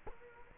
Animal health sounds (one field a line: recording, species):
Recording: mosquito wingbeat signal from an infrared sensor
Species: Culex quinquefasciatus